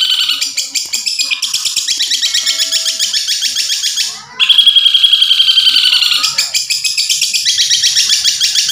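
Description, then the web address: Long-tailed shrike song of continuous rapid rattling and buzzy trills, with a brief gap before a fresh bright trilled phrase. Masteran (training recording) for cage birds. "masteran cendet"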